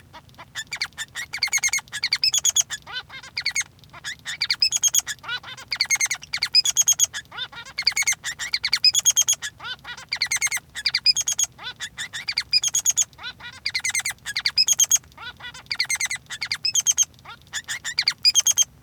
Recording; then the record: song of a male Bengalese finch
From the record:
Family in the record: son of father 3